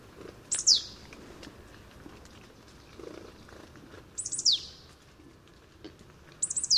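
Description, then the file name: Marsh tit calls: sharp, high notes sliding steeply downward, given three times over a low, steady background hiss. "Poecile palustris"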